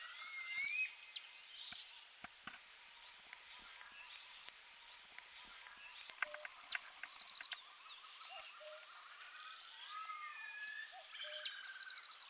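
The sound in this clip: Brown accentor giving three bursts of high, rapid twittering trills with short rising and falling whistled notes, repeated about every five seconds over faint background hiss.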